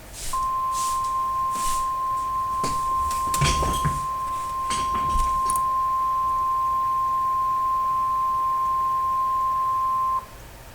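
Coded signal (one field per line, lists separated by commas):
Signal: Emergency Alert System (SAME) tones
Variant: 1050 Hz attention tone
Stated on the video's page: Mock simulated severe thunderstorm warning for Oklahoma.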